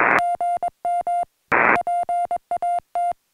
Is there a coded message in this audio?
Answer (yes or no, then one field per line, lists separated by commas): yes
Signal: Morse code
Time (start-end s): 0.2-3.1 s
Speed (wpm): 21 wpm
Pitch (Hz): 700 Hz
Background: music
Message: GM PAT